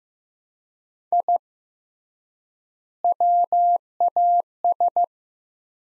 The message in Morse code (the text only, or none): I WAS